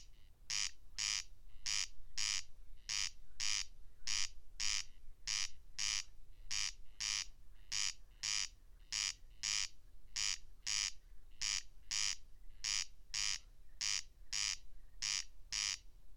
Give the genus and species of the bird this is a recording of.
Crex crex